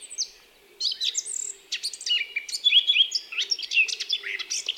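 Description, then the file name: Eurasian blackcap giving a brief high note, then a short gap, followed by a rapid run of mixed whistles, chips and scratchy twitters. "Sylvia atricapilla"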